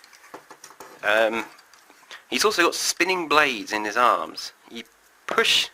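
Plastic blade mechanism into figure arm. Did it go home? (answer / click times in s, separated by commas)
no / none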